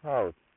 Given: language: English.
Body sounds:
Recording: throat vibration sensor signal played as sound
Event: speech

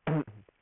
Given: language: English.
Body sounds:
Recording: throat vibration sensor signal played as sound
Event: throat clearing

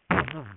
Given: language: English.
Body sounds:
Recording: throat vibration sensor signal played as sound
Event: throat clearing

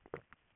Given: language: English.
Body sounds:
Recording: throat vibration sensor signal played as sound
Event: swallow

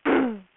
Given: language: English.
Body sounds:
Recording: throat vibration sensor signal played as sound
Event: throat clearing

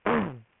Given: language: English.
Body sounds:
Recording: throat vibration sensor signal played as sound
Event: throat clearing

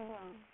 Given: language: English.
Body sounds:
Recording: throat vibration sensor signal played as sound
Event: speech

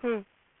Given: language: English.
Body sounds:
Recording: throat vibration sensor signal played as sound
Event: speech

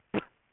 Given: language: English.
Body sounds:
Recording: throat vibration sensor signal played as sound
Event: cough

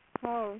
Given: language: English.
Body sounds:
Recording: throat vibration sensor signal played as sound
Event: speech

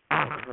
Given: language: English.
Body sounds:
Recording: throat vibration sensor signal played as sound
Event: throat clearing

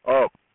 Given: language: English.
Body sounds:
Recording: throat vibration sensor signal played as sound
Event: speech

